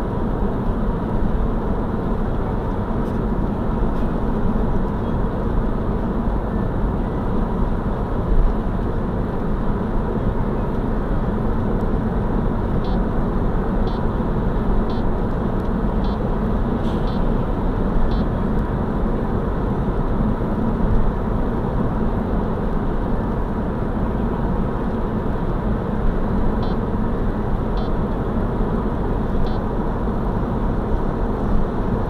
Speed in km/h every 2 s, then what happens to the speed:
92, 91, 91, 91, 92, 92, 93, 95, 94, 94, 94, 94, 93, 92, 93, 93.
0-32 steady at about 93.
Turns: none.